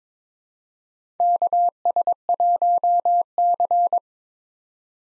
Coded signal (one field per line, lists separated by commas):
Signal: Morse code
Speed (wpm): 22 wpm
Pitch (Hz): 700 Hz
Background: none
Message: KS1C